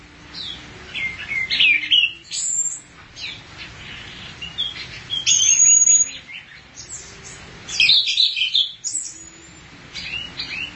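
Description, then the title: Thrush mixing quick chirps, high thin whistles and dense bursts of notes, while a soft low tone recurs faintly in the background. "burung anis x"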